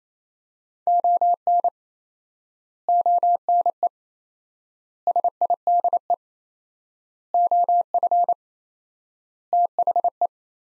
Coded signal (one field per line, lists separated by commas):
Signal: Morse code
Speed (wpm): 28 wpm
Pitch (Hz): 700 Hz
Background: none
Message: ON ONE SIDE OF THE